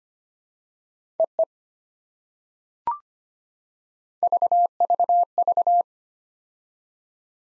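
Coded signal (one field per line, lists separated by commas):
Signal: Morse code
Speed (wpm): 25 wpm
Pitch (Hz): 700 Hz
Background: none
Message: EE VVV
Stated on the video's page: POTA exchange practice sent at 25 wpm, each exchange sent in Morse, spoken, then sent again.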